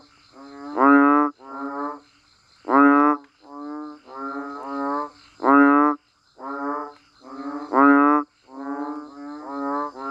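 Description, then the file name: Banded bullfrog calls: repeated low, harmonic, bleating croaks, some paired back to back, loud notes mixed with quieter ones. "Tieng enh uong keu"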